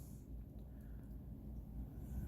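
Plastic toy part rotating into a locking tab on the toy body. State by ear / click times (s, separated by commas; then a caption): not seated / none. A part of a plastic robot toy is handled and rotated, with its notch lined up against a small black tab on the toy body so it can lock into place. Only low, steady handling noise and a faint rumble are heard, with no sharp sounds. Nothing has seated or clicked yet.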